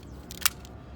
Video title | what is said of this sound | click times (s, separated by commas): Power Fold Tow Mirror Install: 2014-2019 GM Trucks (Silverado and Sierra) | the snap right into place | 0.5 s